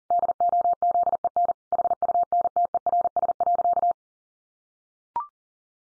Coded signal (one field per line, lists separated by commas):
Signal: Morse code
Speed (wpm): 40 wpm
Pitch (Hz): 700 Hz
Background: none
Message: DOZEN HUNTERS.